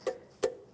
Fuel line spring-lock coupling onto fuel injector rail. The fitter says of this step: we're going to hear that spring click into place.